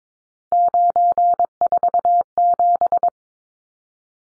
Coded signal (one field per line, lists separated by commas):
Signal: Morse code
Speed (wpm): 22 wpm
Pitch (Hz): 700 Hz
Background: none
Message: 947